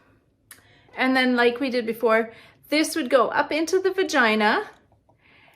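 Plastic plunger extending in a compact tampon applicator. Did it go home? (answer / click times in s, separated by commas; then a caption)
yes / 0.5 s. A telescoping plastic plunger on a compact tampon applicator is pulled out until it locks in its extended position. A sharp click at 0.5 s shows it has seated in place. Someone then talks, and two faint ticks follow near the end.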